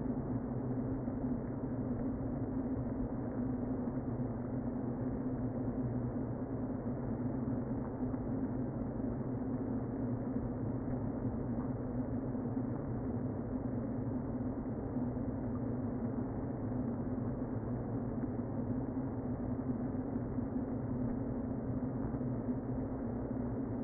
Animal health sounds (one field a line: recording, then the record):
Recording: honeybee colony, microphone inside the hive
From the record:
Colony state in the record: queen present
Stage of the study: before two queens were removed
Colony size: about 60,000 bees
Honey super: yes